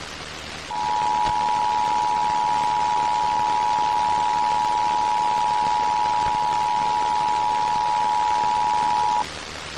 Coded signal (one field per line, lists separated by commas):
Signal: Emergency Alert System (SAME) tones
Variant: 853 and 960 Hz attention tone